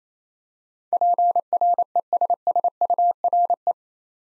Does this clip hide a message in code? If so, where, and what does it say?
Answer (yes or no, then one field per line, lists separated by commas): yes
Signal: Morse code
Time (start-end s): 0.9-3.7 s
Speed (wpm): 28 wpm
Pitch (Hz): 700 Hz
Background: none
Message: PRESSURE